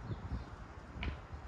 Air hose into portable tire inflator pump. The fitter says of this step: and then the hose is real easy to connect you just pop it in there's some grooves that fit in and you kind of turn it it locks into place